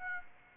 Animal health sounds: mosquito wingbeat signal from an infrared sensor; Aedes aegypti

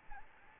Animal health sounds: mosquito wingbeat signal from an infrared sensor; Aedes albopictus

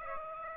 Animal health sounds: mosquito wingbeat signal from an infrared sensor; Aedes aegypti

